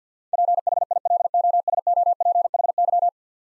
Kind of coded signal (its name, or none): Morse code